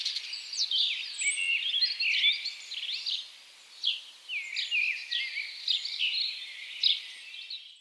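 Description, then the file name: House sparrow chatter: a dense run of overlapping chirps and twittering notes with short pauses. "Passer domesticus"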